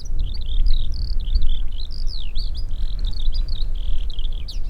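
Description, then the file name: Raso lark phrases of high whistled and slurred notes, some rising, some falling, with buzzy drawn-out tones, over low background noise. Recorded 20 October 2011. "alauda razae 20-10-2011"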